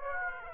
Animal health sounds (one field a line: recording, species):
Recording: mosquito wingbeat signal from an infrared sensor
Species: Aedes aegypti